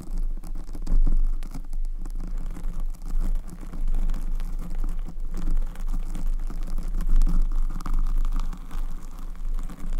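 Scratching and rubbing against a microphone's protective cover, a dense, continuous low rustle with frequent quick scrapes and a steady low hum underneath.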